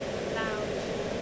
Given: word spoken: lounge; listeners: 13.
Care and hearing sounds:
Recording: one English word in noise, from a listening test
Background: speech-shaped noise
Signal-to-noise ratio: -6.7 dB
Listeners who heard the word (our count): 2 of 13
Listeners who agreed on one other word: 6 of 13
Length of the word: 0.82 s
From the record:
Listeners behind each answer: 6, 2, 1, 1, 1, 1, 1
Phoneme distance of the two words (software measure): 17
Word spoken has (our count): 1 syllable, 4 phonemes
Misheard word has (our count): 1 syllable, 3 phonemes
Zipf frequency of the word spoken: 4.19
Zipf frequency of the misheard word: 4.48

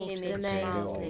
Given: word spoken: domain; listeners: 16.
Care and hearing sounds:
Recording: one English word in noise, from a listening test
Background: four-talker babble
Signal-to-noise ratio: -0.8 dB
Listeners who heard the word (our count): 1 of 16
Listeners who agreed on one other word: 9 of 16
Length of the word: 0.70 s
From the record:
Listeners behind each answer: 9, 1, 1, 1, 1, 1, 1, 1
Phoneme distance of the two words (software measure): 37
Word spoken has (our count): 2 syllables, 5 phonemes, stress on syllable 2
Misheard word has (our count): 2 syllables, 4 phonemes, stress on syllable 1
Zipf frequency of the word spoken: 3.58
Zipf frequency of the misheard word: 4.64

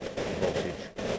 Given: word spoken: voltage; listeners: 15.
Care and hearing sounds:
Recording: one English word in noise, from a listening test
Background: noise modulated by three-talker babble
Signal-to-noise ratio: -3.8 dB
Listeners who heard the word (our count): 2 of 15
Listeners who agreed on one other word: 11 of 15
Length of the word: 0.79 s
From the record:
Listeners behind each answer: 11, 2, 1, 1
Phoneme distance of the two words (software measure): 27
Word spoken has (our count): 2 syllables, 6 phonemes, stress on syllable 1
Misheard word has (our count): 2 syllables, 5 phonemes, stress on syllable 1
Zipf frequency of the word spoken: 3.11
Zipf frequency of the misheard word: 4.50

